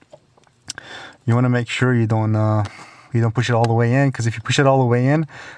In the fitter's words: the way is you just twist this clockwise and then it locks in place so